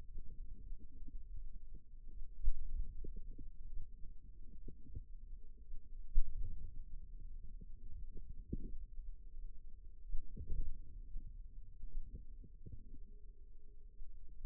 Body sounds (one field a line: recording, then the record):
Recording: forearm muscle sounds (acoustic myography)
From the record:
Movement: wrist flexion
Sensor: system 2, bracelet of six BSWA MPA416 microphones around the upper forearm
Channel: 4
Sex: female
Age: 22 years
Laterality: right